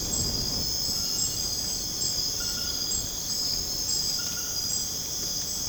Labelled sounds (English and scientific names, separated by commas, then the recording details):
none
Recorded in dense forest near Puerto Asís, Putumayo, Colombia, on 30 June 2025 at 21:30
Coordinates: 0.486, -76.317
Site G065